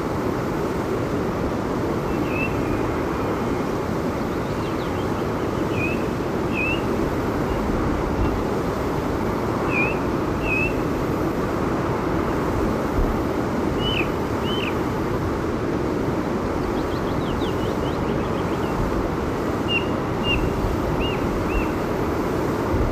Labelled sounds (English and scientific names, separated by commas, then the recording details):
Ring Ouzel (Turdus torquatus) barking
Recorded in the wild
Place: Krumltal, AT
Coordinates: 47.1081, 12.9256
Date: 1964-05-22
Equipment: Uher Report 4000, AKG D190
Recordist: Krey, Winfried